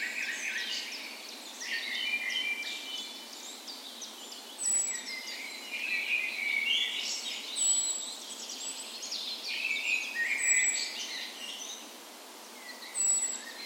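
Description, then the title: Birds singing in a dawn chorus, overlapping trills and twittering phrases with very high thin notes repeating every few seconds, over constant soft hiss. Spring dawn chorus, morning of 17 May, Norway's National Day, in a park west in Bergen, Norway; recorded with Sony PCM A10 and LOM micro Usi microphones as tree ears. "17th Of May Dawn Chorus"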